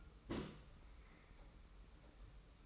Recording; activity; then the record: daily activity, microphone in the room; place on stove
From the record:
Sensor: 1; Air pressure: 991.1 hPa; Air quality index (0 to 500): 91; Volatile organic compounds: 34 ppm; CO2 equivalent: 3034 ppm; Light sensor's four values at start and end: 36/115/45/46 and 36/115/45/47